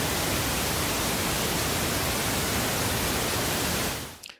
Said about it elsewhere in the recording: Now let's go 1 step above with the pink noise. See if we can still just barely hear the tinnitus, but we can hear the pink noise in the background. So this is an example of the mixing point with tinnitus. when we use pink noise, the sound therapy, and bring it just close to the tinnitus, almost covering the tinnitus, that would be considered the maximum mixing point.